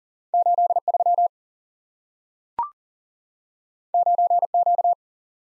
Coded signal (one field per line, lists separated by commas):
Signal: Morse code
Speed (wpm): 40 wpm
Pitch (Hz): 700 Hz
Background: none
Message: 83 9Q